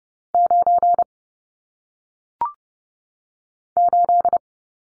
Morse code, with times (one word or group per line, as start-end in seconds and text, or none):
0.3-1.0 9
3.8-4.4 8